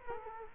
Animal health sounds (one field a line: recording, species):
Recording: mosquito wingbeat signal from an infrared sensor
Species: Culex quinquefasciatus